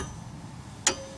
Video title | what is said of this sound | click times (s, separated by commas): 2006 Chevy HHR Lower Control Arm Replace | can hear it click that's my torque wrench | 0.9 s